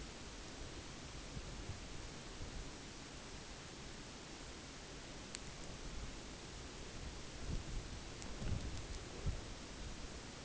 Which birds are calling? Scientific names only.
none